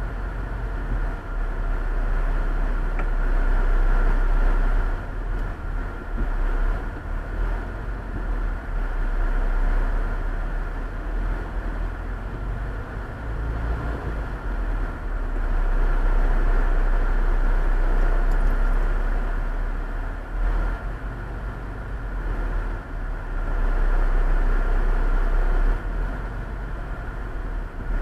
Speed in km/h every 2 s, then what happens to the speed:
5, 6, 5, 6, 9, 9, 9, 12, 10, 8, 8, 8, 7, 8.
0-28 steady at about 8.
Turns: none.